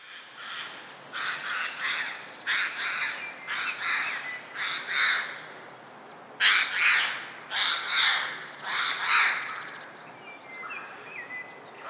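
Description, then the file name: Eurasian jay uttering a long run of hoarse, grating screeches roughly once a second, the loudest in the second half, with faint hiss behind. "Garrulus glandarius"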